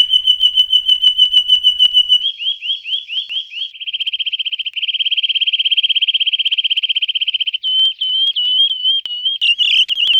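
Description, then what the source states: Bird song of clear whistles near one pitch, shifting into rapid buzzy trills and fast repeated notes, then ending in warbled whistling. Song cut into 60 ms segmented units.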